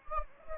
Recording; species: mosquito wingbeat signal from an infrared sensor; Anopheles gambiae